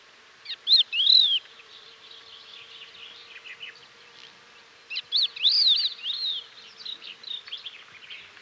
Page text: Crested Lark Calls. Quick Sounds